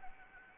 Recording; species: mosquito wingbeat signal from an infrared sensor; Anopheles gambiae